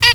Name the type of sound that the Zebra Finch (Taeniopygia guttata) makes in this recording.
stack call